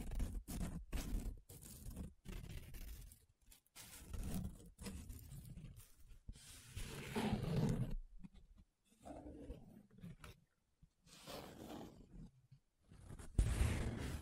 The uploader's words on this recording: ASMR 7 Different Paper Sounds Tracing, Scratching, Rubbing (No Talking).